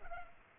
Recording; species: mosquito wingbeat signal from an infrared sensor; Culex pipiens